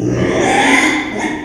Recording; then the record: squeal of a Yucatan mini pig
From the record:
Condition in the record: after surgery on the right vocal fold (resection and tissue-engineered implant); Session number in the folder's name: 3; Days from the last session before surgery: 33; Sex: male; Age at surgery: 12 weeks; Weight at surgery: 13 kg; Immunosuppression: cyclosporine, prednisolone